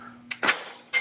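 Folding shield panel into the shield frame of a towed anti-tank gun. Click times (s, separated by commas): 0.3 s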